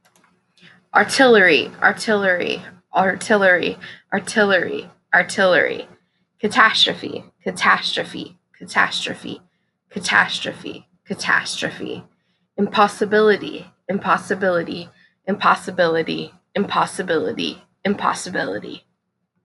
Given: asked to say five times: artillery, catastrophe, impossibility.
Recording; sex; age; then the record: three words, each repeated; female; 30 to 39 years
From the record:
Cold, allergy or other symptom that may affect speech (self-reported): no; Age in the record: 30 years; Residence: California, United States